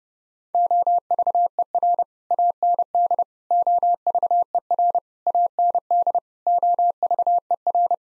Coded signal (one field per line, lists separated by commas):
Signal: Morse code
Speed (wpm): 30 wpm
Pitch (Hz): 700 Hz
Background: none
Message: OVER AND OVER AND OVER